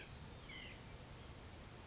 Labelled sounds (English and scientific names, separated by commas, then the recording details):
White-breasted Nuthatch (Sitta carolinensis)
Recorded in Sonoma County, California